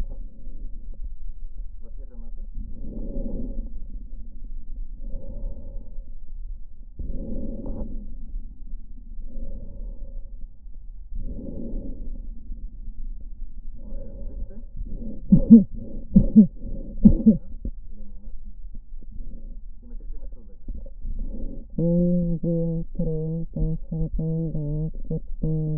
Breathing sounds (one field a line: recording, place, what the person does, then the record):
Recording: lung sounds by stethoscope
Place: left posterior apical chest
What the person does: quiet breathing, then cough and speech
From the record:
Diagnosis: interstitial lung disease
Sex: female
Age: 72 years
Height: 158 cm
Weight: 69 kg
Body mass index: 27.6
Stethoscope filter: diaphragm mode